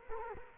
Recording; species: mosquito wingbeat signal from an infrared sensor; Culex quinquefasciatus